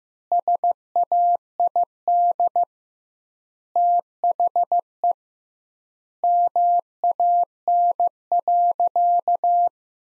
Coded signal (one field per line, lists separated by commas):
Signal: Morse code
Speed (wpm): 15 wpm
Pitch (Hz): 700 Hz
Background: none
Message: SAID THE MAN.